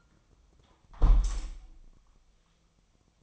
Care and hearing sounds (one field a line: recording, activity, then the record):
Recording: daily activity, microphone in the room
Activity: close window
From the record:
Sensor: 1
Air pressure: 1004.6 hPa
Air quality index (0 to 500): 118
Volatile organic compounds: 4 ppm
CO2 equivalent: 1643 ppm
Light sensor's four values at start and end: 8/21/8/9 and 8/20/8/8